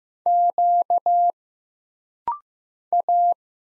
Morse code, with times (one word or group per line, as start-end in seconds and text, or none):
0.3-1.3 Q
2.9-3.3 A